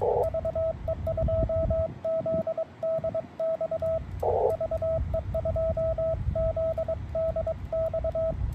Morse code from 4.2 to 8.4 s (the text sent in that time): VE2ZDX